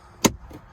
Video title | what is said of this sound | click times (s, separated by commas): Z Precision 3rd Gen Toyota Tacoma Large Cup Holder Install | then you can push down the front until it clicks push | 0.2 s